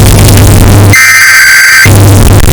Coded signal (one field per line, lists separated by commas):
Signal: Emergency Alert System (SAME) tones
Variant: header bursts